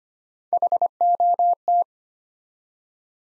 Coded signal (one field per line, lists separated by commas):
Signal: Morse code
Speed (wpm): 25 wpm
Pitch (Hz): 700 Hz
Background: none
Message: HOT